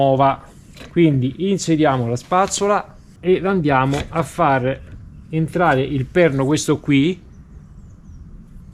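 Someone talks while a wiper blade on a Nissan Qashqai is lined up so the wiper arm's pin goes into the slot in the middle of the blade. The handling is quiet with no hits, and nothing has seated or clicked yet.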